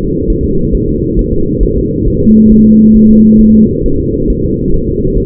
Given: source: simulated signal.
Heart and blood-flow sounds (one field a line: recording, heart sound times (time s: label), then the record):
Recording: fetal heart sounds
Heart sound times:
0.30 s: S1
0.44 s: S2
0.75 s: S1
0.89 s: S2
1.19 s: S1
1.33 s: S2
1.63 s: S1
1.78 s: S2
2.07 s: S1
2.22 s: S2
2.52 s: S1
2.66 s: S2
2.97 s: S1
3.11 s: S2
3.41 s: S1
3.55 s: S2
3.86 s: S1
4.00 s: S2
4.30 s: S1
4.44 s: S2
4.74 s: S1
4.88 s: S2
5.17 s: S1
From the record:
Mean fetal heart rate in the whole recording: 135 bpm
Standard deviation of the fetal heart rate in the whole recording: 3 bpm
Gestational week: 36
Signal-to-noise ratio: -16.4 dB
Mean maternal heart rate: 72 bpm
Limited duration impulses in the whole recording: present